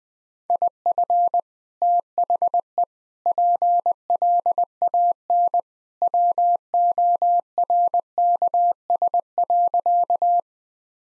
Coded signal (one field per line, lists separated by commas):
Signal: Morse code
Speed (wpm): 20 wpm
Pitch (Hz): 700 Hz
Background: none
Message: IF THE PLAN WORKS.